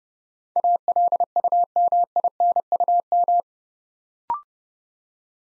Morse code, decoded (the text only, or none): ALUMINUM